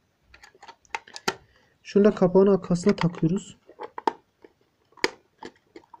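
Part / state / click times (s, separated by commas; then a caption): plastic cover on a clock case / seated / 4.1 s, 5.0 s. A plastic battery cover is fitted onto a clock's casing and pressed home, with light tapping and handling sounds while someone talks. Sharp snaps at 4.1 s and 5.0 s mark the cover seating on the case, and it is confirmed as seated.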